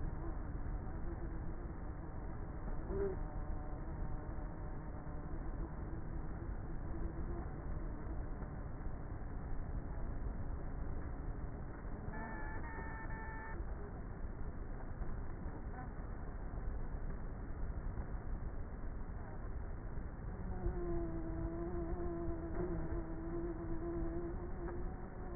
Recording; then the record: honeybee colony, microphone inside the hive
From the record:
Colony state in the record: queenless with a low population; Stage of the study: before two queens were removed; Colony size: about 30,000 bees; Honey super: no